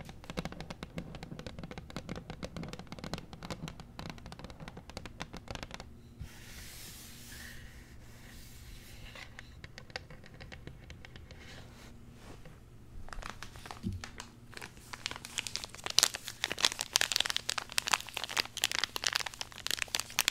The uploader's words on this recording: ASMR Icnbuys Zen Garden Unboxing No Talking.